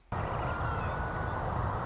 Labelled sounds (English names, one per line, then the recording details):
Song Sparrow
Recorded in Sonoma County, California